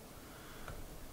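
A crimped female quick-disconnect terminal on a wire lead is pushed onto the spade pin of an arcade button microswitch. Over a steady low background hiss, a single faint, brief snap sounds at 0.7 s as the terminal seats on the pin.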